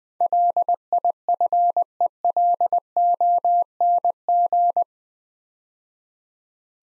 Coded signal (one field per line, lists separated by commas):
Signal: Morse code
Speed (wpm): 21 wpm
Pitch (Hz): 700 Hz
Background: none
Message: LIFELONG